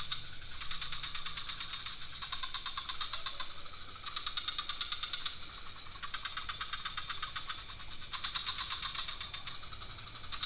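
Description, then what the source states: Frogs trilling: overlapping fast, pulsed rattling calls in repeated bursts, forming a dense night chorus. Several frog species calling at night in a pond near a hotel in Ubud, Bali, Indonesia; recorded with Sony PCM D50, Rode NT4 and Rode boompole.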